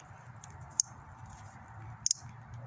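On a 2007–2017 Toyota Camry, a replacement ignition coil wiring pin connector is slid onto the ignition coil terminal on the second cylinder head and pushed until it clicks. Sharp clicks sound at about 0.8 s and 2.1 s over a steady low hum, showing the connector is seated firm and snug.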